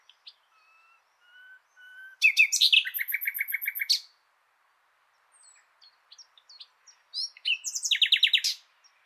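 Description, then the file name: Common nightingale song: soft pure whistled notes, then a loud rapid series of rich chattering trills, a pause, and another fast repeated burst of notes. "Luscinia megarhynchos"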